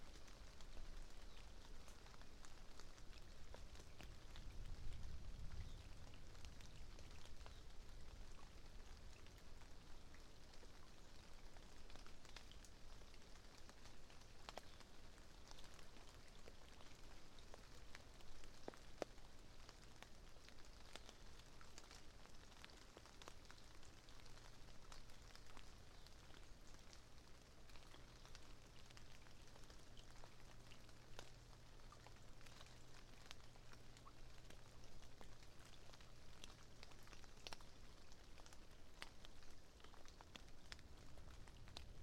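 Steady rain patters through aspen and pine during a passing thunderstorm, a dense, even hiss with scattered sharper drops throughout. A low rumble of thunder swells around five seconds, and a faint low hum drifts in from about seventeen to thirty-eight seconds.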